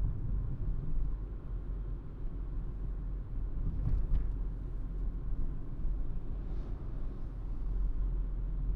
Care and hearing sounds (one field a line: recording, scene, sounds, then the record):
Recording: everyday scene through a hearing-aid microphone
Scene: in a vehicle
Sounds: engine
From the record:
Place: Berlingo II, diesel engine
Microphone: behind the ear, right, front